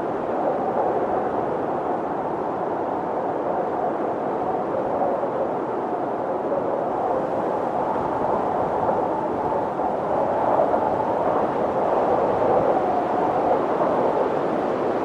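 Wind howls and rushes through trees in a steady, dense roar, strongest in the low middle range with a hollow, airy tone. The level holds nearly constant for the whole stretch, swelling slightly after the midpoint, with no separate events standing out.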